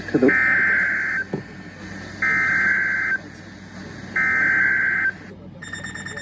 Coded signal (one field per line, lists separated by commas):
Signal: Emergency Alert System (SAME) tones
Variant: header bursts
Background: speech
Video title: EAS #1723 Severe Thunderstorm Warning on KXI58 7-4-22